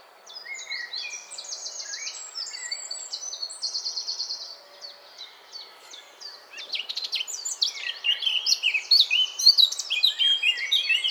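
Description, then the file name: Eurasian blackcap song: steady soft twittering with short trilled runs, then a louder, richer stretch of fluty warbled whistles in the second half. "Sylvia atricapilla"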